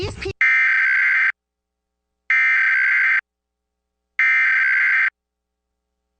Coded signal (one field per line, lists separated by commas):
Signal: Emergency Alert System (SAME) tones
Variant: header bursts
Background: speech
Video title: US National Emergency Alert System (EAS) Test — October 4, 2023